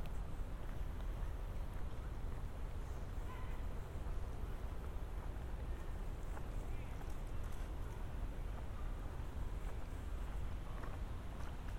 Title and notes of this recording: Walk through Central Park. A walk from east to west across central park around 72nd street.